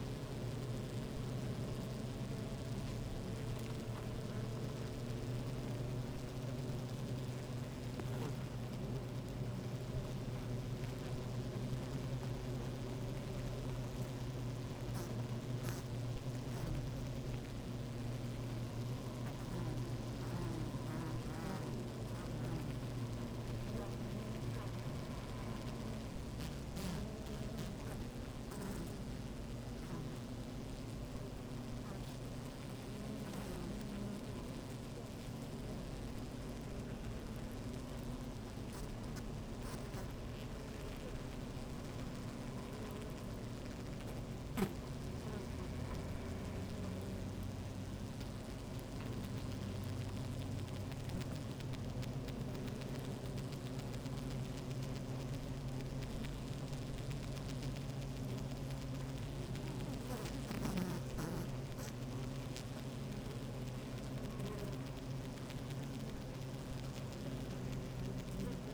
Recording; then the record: honeybee colony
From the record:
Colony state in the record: active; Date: 28 July 2017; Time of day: 12:08